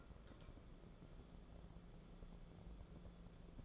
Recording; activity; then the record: daily activity, microphone in the room; take from stove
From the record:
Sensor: 5